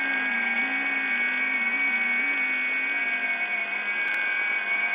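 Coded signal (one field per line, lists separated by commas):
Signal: FT8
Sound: several overlapping steady warbling tones over hiss, continuous for the whole clip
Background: radio static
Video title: FT8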